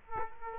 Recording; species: mosquito wingbeat signal from an infrared sensor; Culex quinquefasciatus